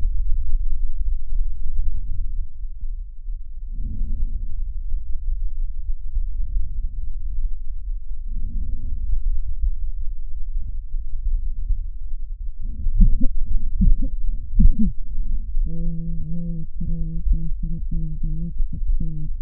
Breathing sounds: lung sounds by stethoscope; left posterior basal chest; quiet breathing, then cough and speech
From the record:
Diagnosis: interstitial lung disease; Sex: female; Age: 72 years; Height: 158 cm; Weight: 69 kg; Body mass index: 27.6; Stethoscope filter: bell mode

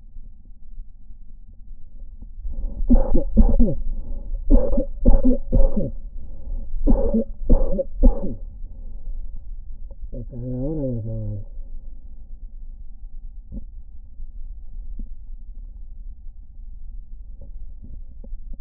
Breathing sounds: lung sounds by stethoscope; right anterior apical chest; quiet breathing, then cough and speech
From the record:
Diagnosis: COPD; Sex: male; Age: 78 years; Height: 162 cm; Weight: 66.4 kg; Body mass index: 25.3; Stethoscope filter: diaphragm mode

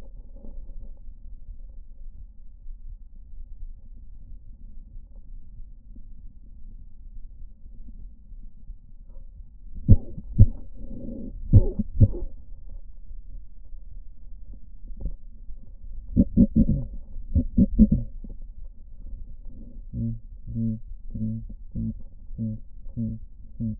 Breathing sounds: lung sounds by stethoscope; left posterior apical chest; quiet breathing, then cough and speech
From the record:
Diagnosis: none (healthy); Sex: male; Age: 23 years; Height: 185 cm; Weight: 93 kg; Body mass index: 27.2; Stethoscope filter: diaphragm mode

